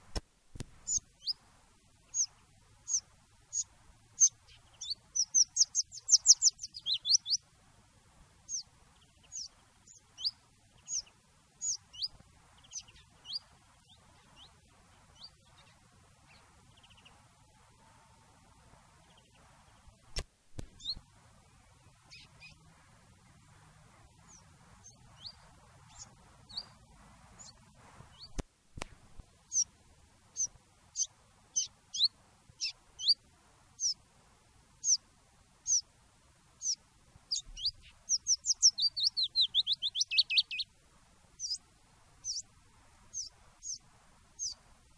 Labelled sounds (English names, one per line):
Willow Warbler